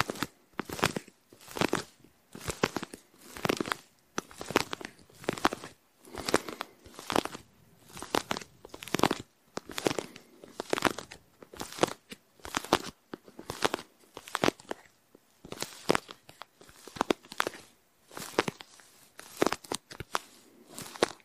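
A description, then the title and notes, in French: Someone rummages through a handbag and its contents, producing a steady stream of crinkling, rustling and crunching handling noises. The sounds come in quick, irregular bursts every half second or so for the whole stretch. Je te relaxe avec mon sac à main et son contenu (portefeuille, cartes, tickets, lunettes, mouchoirs en papier, crème...) Un épisode multi déclencheurs avec mon sac à main et tout son contenu.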